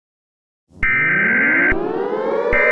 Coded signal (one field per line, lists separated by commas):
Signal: Emergency Alert System (SAME) tones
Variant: header bursts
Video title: eas scenario #1 Steve.exe